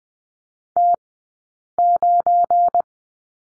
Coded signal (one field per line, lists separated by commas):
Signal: Morse code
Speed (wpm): 20 wpm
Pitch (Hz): 700 Hz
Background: none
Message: T9